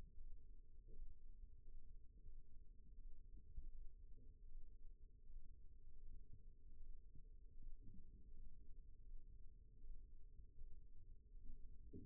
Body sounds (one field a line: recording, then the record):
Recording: forearm muscle sounds (acoustic myography)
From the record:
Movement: rest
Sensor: system 1, eight BSWA MPA416 microphones around the upper forearm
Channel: 8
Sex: male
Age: 20 years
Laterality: left